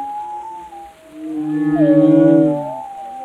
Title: Whale Tales: Discovering the Stories Behind the Sounds